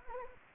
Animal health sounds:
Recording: mosquito wingbeat signal from an infrared sensor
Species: Anopheles gambiae

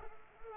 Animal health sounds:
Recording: mosquito wingbeat signal from an infrared sensor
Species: Culex pipiens

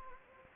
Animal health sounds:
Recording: mosquito wingbeat signal from an infrared sensor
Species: Anopheles gambiae

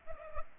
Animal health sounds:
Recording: mosquito wingbeat signal from an infrared sensor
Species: Culex pipiens

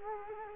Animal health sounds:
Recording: mosquito wingbeat signal from an infrared sensor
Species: Culex quinquefasciatus

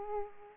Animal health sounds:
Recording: mosquito wingbeat signal from an infrared sensor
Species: Aedes aegypti

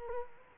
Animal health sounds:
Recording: mosquito wingbeat signal from an infrared sensor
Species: Culex quinquefasciatus

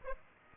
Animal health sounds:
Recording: mosquito wingbeat signal from an infrared sensor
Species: Aedes aegypti

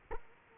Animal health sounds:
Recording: mosquito wingbeat signal from an infrared sensor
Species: Culex quinquefasciatus

